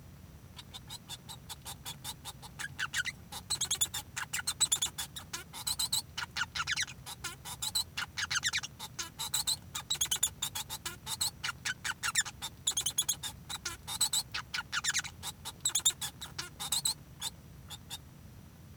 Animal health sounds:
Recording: song of a male Bengalese finch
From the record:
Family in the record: son of father 1

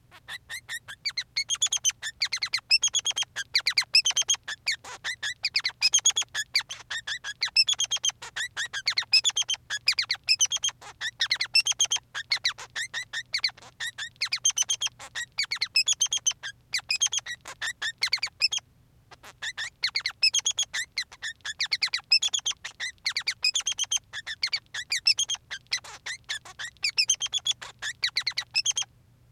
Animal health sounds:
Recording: song of a male Bengalese finch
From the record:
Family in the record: son of father 3

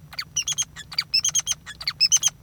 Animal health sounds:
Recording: song of a male Bengalese finch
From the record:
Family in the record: father 3

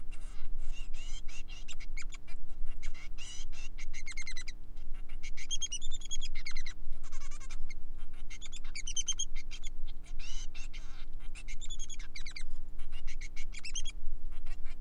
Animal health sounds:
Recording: song of a male Bengalese finch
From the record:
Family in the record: son of father 3

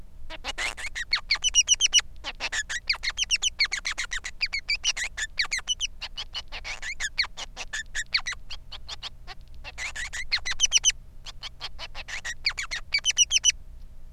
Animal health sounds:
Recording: song of a male Bengalese finch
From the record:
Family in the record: son of father 3

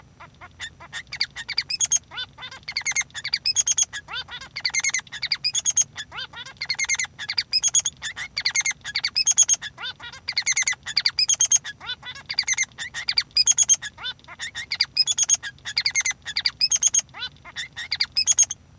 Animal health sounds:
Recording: song of a male Bengalese finch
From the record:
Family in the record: son of father 3

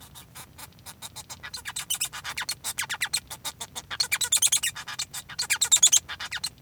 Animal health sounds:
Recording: song of a male Bengalese finch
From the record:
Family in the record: son of father 1

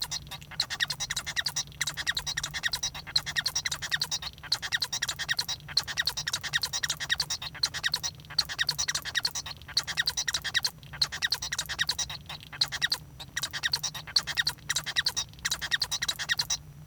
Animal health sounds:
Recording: song of a male Bengalese finch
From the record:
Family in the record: son of father 1

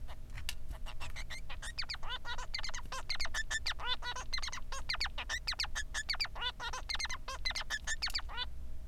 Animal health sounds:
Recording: song of a male Bengalese finch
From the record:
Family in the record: son of father 3

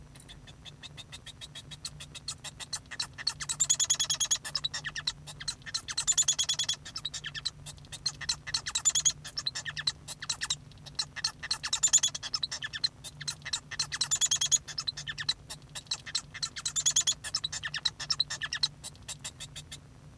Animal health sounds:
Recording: song of a male Bengalese finch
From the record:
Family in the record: son of father 1

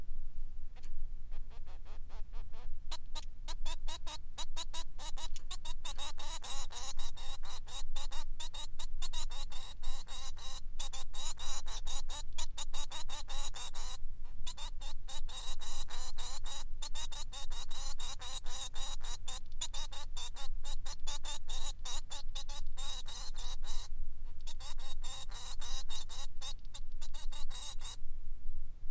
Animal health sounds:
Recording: song of a male Bengalese finch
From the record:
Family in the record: son of father 3

